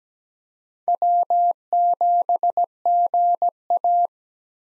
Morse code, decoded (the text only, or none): W7GA